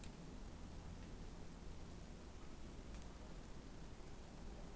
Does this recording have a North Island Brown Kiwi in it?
no